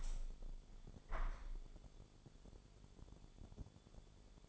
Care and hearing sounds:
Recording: daily activity, microphone in the room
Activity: open window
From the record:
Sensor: 5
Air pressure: 1015.0 hPa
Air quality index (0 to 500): 103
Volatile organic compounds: 2 ppm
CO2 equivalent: 1106 ppm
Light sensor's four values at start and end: 35/81/33/31 and 35/81/33/31

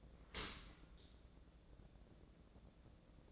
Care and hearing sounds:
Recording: daily activity, microphone in the room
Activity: open dishwasher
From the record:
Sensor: 3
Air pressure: 1012.3 hPa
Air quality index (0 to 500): 161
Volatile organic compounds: 2 ppm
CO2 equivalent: 1238 ppm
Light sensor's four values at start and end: 483/1183/488/481 and 482/1182/487/481

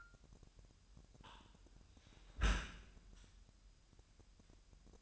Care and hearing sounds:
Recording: daily activity, microphone in the room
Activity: close dishwasher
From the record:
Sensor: 2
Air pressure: 998.1 hPa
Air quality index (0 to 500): 146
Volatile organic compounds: 4 ppm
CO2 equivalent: 1654 ppm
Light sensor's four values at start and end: 10/29/12/11 and 10/29/12/11

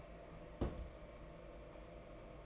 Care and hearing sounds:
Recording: daily activity, microphone in the room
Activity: place on stove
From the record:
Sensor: 5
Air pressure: 992.1 hPa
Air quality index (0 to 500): 211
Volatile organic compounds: 1000 ppm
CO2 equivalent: 6115 ppm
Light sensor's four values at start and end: 6/14/5/6 and 6/14/5/6

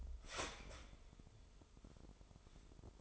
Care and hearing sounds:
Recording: daily activity, microphone in the room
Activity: start toaster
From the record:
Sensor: 5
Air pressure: 988.7 hPa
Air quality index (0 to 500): 234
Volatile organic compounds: 186 ppm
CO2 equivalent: 4167 ppm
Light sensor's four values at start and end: 39/123/48/51 and 39/123/48/51

